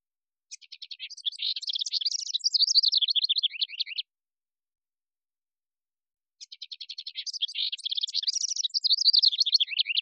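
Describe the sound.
House wren singing two long, tumbling bursts of fast chattering notes, with a pause of about two and a half seconds between them; the second burst runs to the end.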